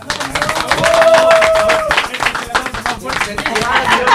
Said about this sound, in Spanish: ¿Démosle un aplauso?